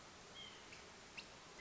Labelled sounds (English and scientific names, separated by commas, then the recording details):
White-breasted Nuthatch (Sitta carolinensis)
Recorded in Sonoma County, California